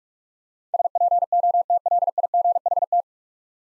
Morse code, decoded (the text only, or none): SPOTLIGHT